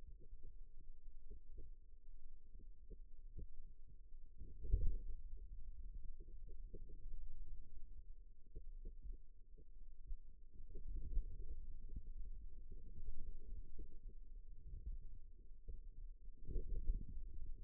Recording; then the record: forearm muscle sounds (acoustic myography)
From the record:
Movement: radial deviation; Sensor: system 2, bracelet of six BSWA MPA416 microphones around the upper forearm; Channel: 4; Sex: male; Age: 22 years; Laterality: right